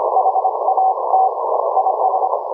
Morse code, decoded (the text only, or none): HAT IS